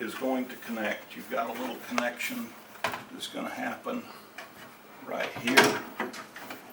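A drawer wiring connector, a small plastic electrical connection, is handled at its socket in the pulled-out bottom of an SKS 30 column refrigerator while someone talks. A few short handling knocks follow near 4.4, 6.0, 6.4 and 6.5 seconds. Nothing has seated or clicked yet.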